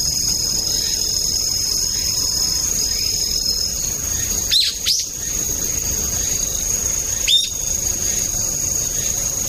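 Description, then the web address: Brown-eared bulbul uttering a few rough, screechy calls, with a continuous high-pitched insect buzz behind. Autumn. "sikioto birds akihiyodori"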